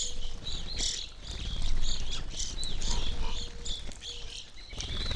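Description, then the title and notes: Evening grosbeaks calling in a steady stream of short, bright chirps, several birds overlapping, over a low background rumble. Flock feeding on sunflower seeds at a feeder hanging from a birch in a backyard, McCloud, Siskiyou County, California; relatively warm winter morning; two microphones either side of the trunk. "I recorded this at my home in the small town of McCloud in Siskiyou County, California. It was a relatively warm winter morning, and a flock of Evening Grosbeaks was busily eating a breakfast of sunflower seeds from a feeder hanging from the branch of a birch tree in my backyard."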